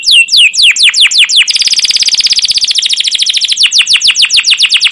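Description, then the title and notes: Atlantic canary song: loud downward-sweeping whistles, then a dense fast trill, then slower repeated descending chirps. Canary song in the 'cuit cuit' and 'ngerol' rolling style, long and energetic; used as a lure and master for young canaries learning sounds. "CUIT CUIT NGEROL LANGSUNG GACOR PANJANG Kenari Ini AMPUH Utk Pancingan KENAR. PANCINGAN Kenari GACOR PANJANG Cuit CUIT EMOSI ini AMPUH utk MASTERAN Kenari PAUD belajar BUNYI. burung kenari"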